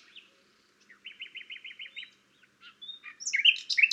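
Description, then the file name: Common nightingale delivering a soft stuttering series of repeated notes, brief whistles, then a loud complex burst of varied notes at the end. "Luscinia megarhynchos"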